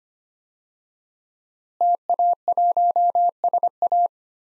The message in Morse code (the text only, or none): TA1SA